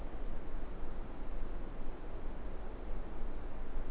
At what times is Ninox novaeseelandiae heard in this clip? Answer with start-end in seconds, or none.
none